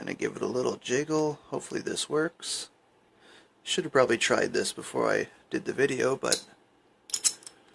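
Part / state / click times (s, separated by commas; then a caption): replacement lock cylinder into padlock body / seated / 7.1 s, 7.5 s. A replacement lock cylinder with a small adapter on top is slid into a gutted metal Abus 83CS/45 padlock body and jiggled while someone talks. Sharp clicks at 7.1 s and 7.5 s mark the cylinder seating fully in the padlock body.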